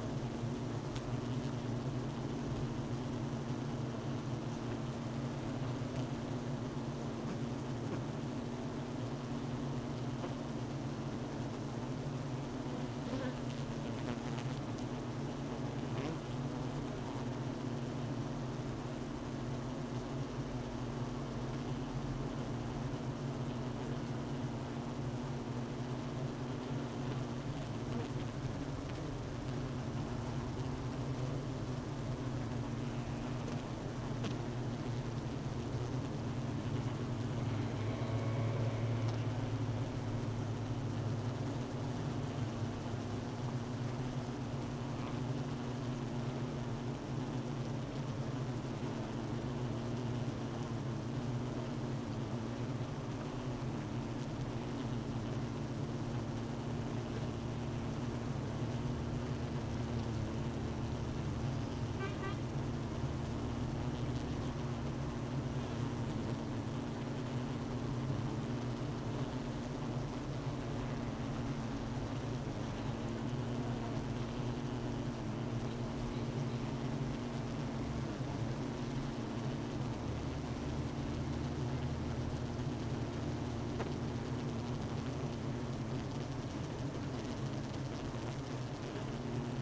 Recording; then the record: honeybee colony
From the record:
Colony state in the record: missing queen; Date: 31 May 2018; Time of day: 12:30